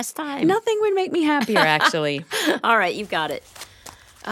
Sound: laughing

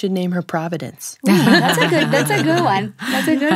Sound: laughter

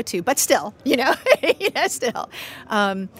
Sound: laughter

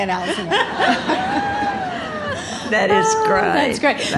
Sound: laughter

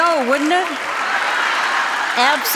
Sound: applause

